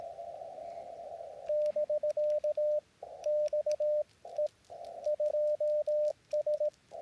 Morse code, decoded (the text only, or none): <BK> XE2S